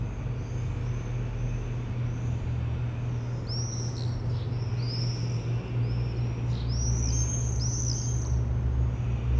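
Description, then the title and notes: Swift call with shrill screaming trills, scattered at first, then bursts of several overlapping screams near the end, over a constant low hum. A flock of swifts wheeling over the rooftops of Aix-les-Bains, France, recorded from the MJC courtyard on a Sunday morning. "4 Rue Vaugelas, 73100 Aix-les-Bains, France - Les martinets. Le ballet des martinets au dessus des toits d'Aix-les-bains depuis la cour de la MJC un dimanche matin"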